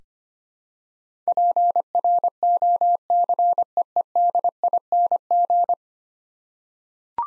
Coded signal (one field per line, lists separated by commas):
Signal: Morse code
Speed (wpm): 25 wpm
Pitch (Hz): 700 Hz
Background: none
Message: PROCEEDING